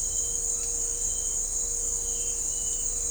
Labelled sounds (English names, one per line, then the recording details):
none
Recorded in dense forest near Puerto Asís, Putumayo, Colombia, on 20 December 2024 at 17:30
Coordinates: 0.499, -76.324
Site G045